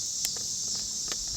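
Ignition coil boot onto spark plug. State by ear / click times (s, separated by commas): not seated / none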